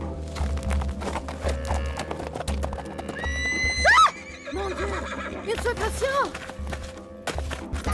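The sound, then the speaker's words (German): A ridden horse, struck with a whip as it is ridden out of the bushes, whinnies in a sharp, rising then wavering cry, followed by shorter neighs, while hooves clip-clop in a steady, heavy rhythm beneath throughout. “In diesem Augenblick versetzte ich meinem Pferd einen Schlag mit der Peitsche und ritt aus dem Gebüsch heraus.”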